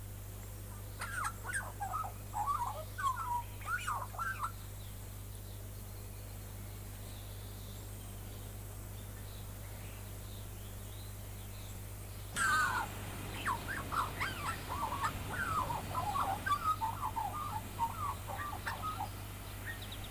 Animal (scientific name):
Gymnorhina tibicen